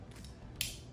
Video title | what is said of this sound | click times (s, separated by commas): Solgaard Luggage First Time Packing & Review – Check-In Closet & LifePak Backpack Honest Test | Just locks into place. | 0.6 s